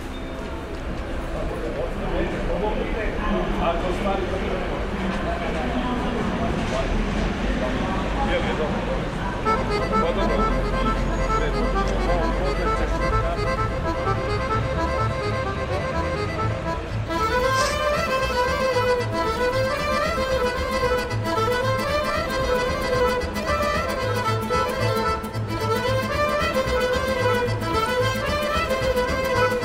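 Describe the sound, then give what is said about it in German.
Busy bus station ambience on a foggy morning: a steady engine rumble from a bus bound for Zagreb and traffic noise, with people's voices and the clatter of suitcases being hastily rolled over pavement and loaded into the bus's luggage hold. “Der Bus geht nach Zagreb. Koffer werden eilig herangerollt und in den Stauraum gepackt.”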